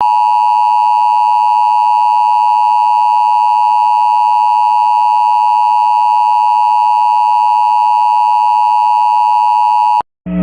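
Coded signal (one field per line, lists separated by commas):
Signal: Emergency Alert System (SAME) tones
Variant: 853 and 960 Hz attention tone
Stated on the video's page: Mock EAS alert about dangerous smoke, a simulated recreation rather than a real broadcast.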